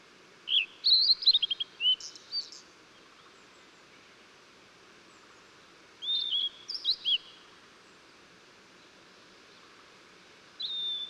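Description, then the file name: Blue-and-white flycatcher song, repeated: twisting high whistled notes and short trills with a rasping buzz, phrases roughly five seconds apart, then a final drawn-out whistle. Recorded 14 June 2009. "20090614 ooruri"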